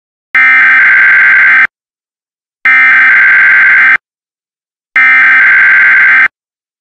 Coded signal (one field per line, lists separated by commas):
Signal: Emergency Alert System (SAME) tones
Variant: header bursts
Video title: EAS Scenario: Yellowstone